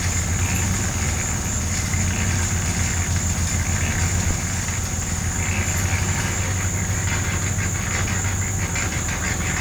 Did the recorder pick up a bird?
no